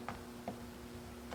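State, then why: Not seated. A plastic LED license plate light housing on a 2010-2014 VW Golf is handled and aligned in its opening in the rear bumper trim, ready to be pushed up until its retaining clip snaps in. Two brief handling knocks come at about 0.1 s and 0.5 s over a steady low hum. The clip ends before the part goes home, so nothing has seated or clicked yet.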